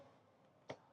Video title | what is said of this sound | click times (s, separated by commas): First look at this MONSTER 2025 RV! 2025 Jayco Seneca XT 35L Super C Motorhome | you can hear that little click and then it kind of secures it into place I have not seen | 0.7 s